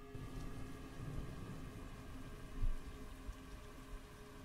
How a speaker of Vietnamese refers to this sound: Tiếng mưa rơi lộp độp, làm cho người ta cảm thấy xót ruột.